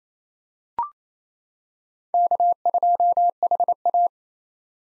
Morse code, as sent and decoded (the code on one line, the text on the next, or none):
-.- ..--- .... .-
K2HA